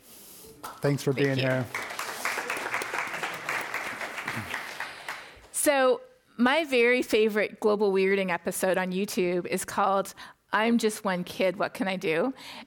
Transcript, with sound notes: Thanks for being here.
[Applause]
So my very favorite Global Weirding episode on YouTube is called I'm just one kid what can I do.